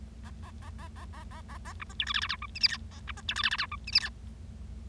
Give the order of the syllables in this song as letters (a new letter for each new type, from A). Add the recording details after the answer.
A A A A A A A A A B C D E F F G H I J K A B C D E F F G H I J K. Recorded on 25 March 2012 at 11:50. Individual gy6or6